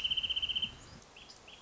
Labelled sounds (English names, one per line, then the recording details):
Wrentit
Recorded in Sonoma County, California